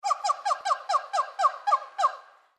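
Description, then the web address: Colobus monkey hoots: a rapid series of about nine short, harsh, evenly spaced barking notes, each dropping slightly in pitch, ending in a brief fading tail. Angry hoot. "Blastwave ANIMALS Monkey Colobus"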